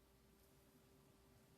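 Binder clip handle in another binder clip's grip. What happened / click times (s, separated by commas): The clip did not click into place / none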